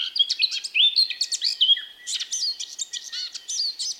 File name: Sylvia atricapilla